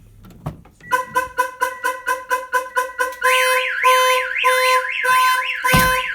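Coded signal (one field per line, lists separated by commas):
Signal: pager alert tone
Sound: about 9 quick electronic beeps, then a warbling siren-like chirp from the remote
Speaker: I'm going to reach in unlock the door there you can see that the remote is beeping and letting us know that the door has been opened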